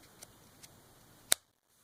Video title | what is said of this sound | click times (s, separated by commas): Benchmade Bushcrafter 162-1 EOD sheath fixed | Snaps into place, very secure, no rattle. It does not come out. | 1.3 s